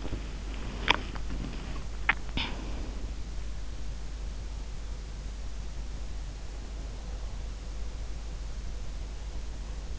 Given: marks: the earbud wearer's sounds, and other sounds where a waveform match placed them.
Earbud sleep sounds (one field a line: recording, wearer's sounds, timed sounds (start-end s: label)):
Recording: sounds in sleep by an in-ear microphone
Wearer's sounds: swallowing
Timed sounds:
0.00-2.90 s: swallowing